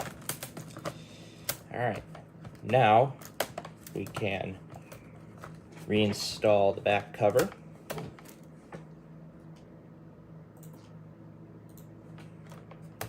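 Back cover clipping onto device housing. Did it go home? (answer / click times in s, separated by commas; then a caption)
no / none. A device's back cover is handled as it is about to be refitted onto the housing, before the screws go back in. A few sharp taps and handling knocks come near the start, and someone talks. Nothing has snapped or seated yet.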